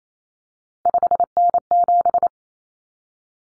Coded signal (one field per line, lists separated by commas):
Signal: Morse code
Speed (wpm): 28 wpm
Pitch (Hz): 700 Hz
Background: none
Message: 5N7